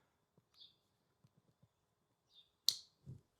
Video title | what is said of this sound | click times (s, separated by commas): Testing the NEW Auxbeam Switch Panel for My Military HUMVEE Build | There you go. So satisfying that little click. | 2.7 s